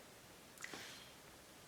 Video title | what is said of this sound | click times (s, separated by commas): TOKYO MARUI - Samurai Edge Albert W. Model 01 (GBB) [Limited Model] | Ça s'enclenche. | 0.6 s